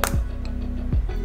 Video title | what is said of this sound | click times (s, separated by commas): NEW SILKYGIRL Moisture Rich Lipcolor Swatches And Review | business securely close you can hear the click sound hear | 0.0 s